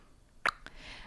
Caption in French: Un claquement de langue lors de la succion. Alors c'est valable au sein et au biberon également. C'est-à-dire un espèce de petit clic. Non, déglutir, ça ne fait pas ce bruit-là. Ça, c'est la langue qui lâche en fait dans la bouche, qui a son mouvement d'ascension et de redescente, à un moment lâche la pression parce que c'est trop dur à faire. Et du coup, ça fait vraiment un bruit de claquement, mais à l'intérieur d'une bouche qui est fermé.